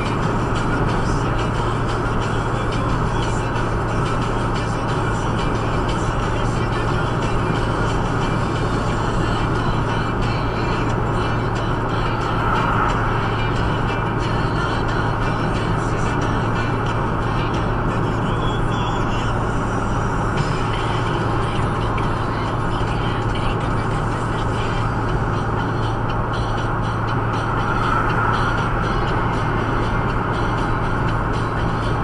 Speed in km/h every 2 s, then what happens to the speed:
107, 107, 107, 107, 106, 106, 106, 106, 106, 106, 105, 105, 105, 105, 106, 106.
0-32 steady at about 106.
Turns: none.